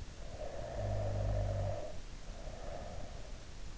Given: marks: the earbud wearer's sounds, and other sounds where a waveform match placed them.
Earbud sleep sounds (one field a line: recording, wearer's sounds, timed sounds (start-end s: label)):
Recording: sounds in sleep by an in-ear microphone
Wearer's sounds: snoring breath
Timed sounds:
0.00-3.31 s: snoring breath